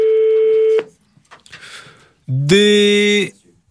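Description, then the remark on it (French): A telephone line signal while calling a landline that does not answer: a steady electronic tone for almost a second, a brief gap with faint rustling, then a louder buzzy tone that steps upward in pitch and holds before cutting off. “Donc toujours le fixe qui ne répond pas.”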